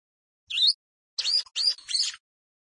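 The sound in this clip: Plain prinia song: a few high, scratchy chirps, one alone followed by a tight cluster of three buzzy notes.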